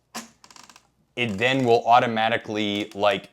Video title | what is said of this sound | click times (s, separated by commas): Can a cheap Espresso Machine make good coffee? Ultima Cosa review! | as you twist and it locks in place, | 0.4 s, 0.5 s, 0.6 s, 0.7 s, 0.8 s